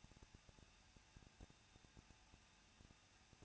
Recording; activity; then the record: daily activity, microphone in the room; no activity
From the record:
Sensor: 2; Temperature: 21.0 degrees Celsius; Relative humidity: 37.3%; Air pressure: 1006.4 hPa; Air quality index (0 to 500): 220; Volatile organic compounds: 23 ppm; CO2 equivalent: 2774 ppm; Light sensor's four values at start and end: 2/3/2/2 and 2/3/2/2